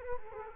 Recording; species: mosquito wingbeat signal from an infrared sensor; Culex quinquefasciatus